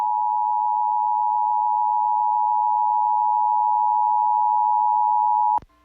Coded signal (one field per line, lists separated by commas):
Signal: Emergency Alert System (SAME) tones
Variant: 853 and 960 Hz attention tone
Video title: EAS Tornado Warning (On the Ground Over High School!) NOAA Weather Radio Tyler, Texas